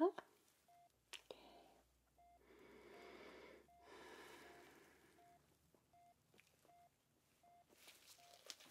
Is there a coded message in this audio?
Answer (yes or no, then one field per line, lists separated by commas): no